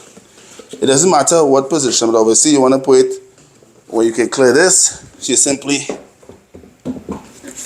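Someone talks while handling the motor head of a Milwaukee M18 Fuel 6 gallon battery wet/dry vacuum, positioning it to be set back onto the plastic collection tank. Brief handling knocks are heard near 7.1 s and 7.5 s. Nothing has seated or clicked yet.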